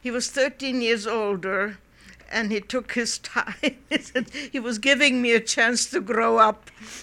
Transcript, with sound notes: He was thirteen years older, and he took his time. ( she laughs ) He was giving me a chance to grow up.